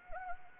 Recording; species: mosquito wingbeat signal from an infrared sensor; Anopheles arabiensis